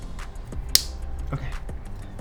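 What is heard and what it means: On a 3D printer, the last plastic link of the cable chain is pressed shut over the wires, giving one loud, sharp snap at 0.8 s. Fainter ticks and low background hum are heard around it, and no one talks. The link snaps closed and is seated.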